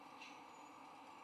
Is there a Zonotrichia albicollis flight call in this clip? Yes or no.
no